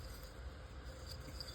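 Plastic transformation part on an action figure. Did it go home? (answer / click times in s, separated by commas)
no / none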